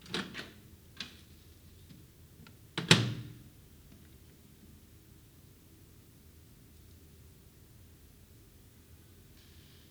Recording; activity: daily activity, guitar pickup as the sensor; use microwave